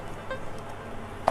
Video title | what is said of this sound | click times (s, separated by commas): MESIN CUCI STEAM MOBIL MOTOR : Reaim Jet Cleaner | Sekarang, sudah terkunci. | 1.3 s